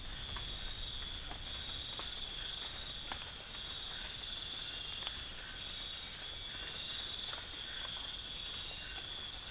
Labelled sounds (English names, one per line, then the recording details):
none
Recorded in pastures near Puerto Asís, Putumayo, Colombia, on 25 June 2025 at 04:00
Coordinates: 0.466, -76.322
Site GP07